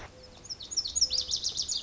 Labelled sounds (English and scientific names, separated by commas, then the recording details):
Lazuli Bunting (Passerina amoena)
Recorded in Sonoma County, California